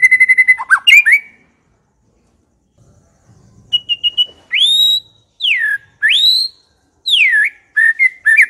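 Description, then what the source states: White-rumped shama: songbird whistles: a quick trill, then loud pure whistles sweeping up and down, with a short gap of near silence between. Long-duration lure (pikat) used to attract birds.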